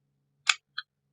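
A light fixture plug is pushed up into a ceiling receptacle, giving a bright click at 0.5 s and a softer second click at 0.8 s over a faint low hum. The plug is in but not fully home yet.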